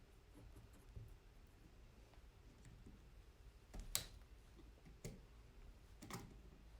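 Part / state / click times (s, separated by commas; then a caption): plastic drinker fitting into top of cage drinker / seated / 3.9 s. A flathead screwdriver is worked under the lip to push a plastic drinker part into the top of a chicken cage drinker. Quiet scraping and faint ticks build to a sharp snap at about 4.0 seconds as the part seats in place, followed by softer clicks near 5.1 and 6.0 seconds.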